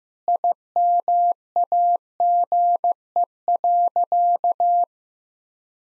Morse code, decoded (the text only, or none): IMAGE.